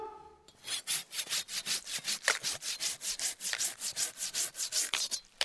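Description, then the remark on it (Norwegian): A hand saw cuts through wood in quick, steady back-and-forth strokes, each a harsh rasping hiss, repeating at a brisk even rhythm for several seconds with no voices. “Gi meg saga!”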